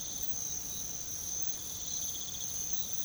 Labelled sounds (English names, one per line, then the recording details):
none
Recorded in pastures near Puerto Asís, Putumayo, Colombia, on 8 March 2025 at 05:30
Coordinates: 0.486, -76.323
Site G075